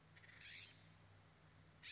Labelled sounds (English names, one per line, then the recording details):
California Scrub-Jay
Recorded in Sonoma County, California